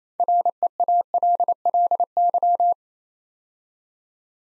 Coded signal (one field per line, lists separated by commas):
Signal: Morse code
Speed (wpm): 27 wpm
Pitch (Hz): 700 Hz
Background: none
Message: REALLY